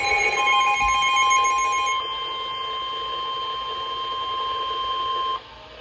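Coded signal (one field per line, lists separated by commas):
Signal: Emergency Alert System (SAME) tones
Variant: 1050 Hz attention tone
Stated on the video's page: Marine alert compilation received off a NOAA weather radio transmitter from NWS Ruskin.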